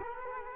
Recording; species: mosquito wingbeat signal from an infrared sensor; Culex quinquefasciatus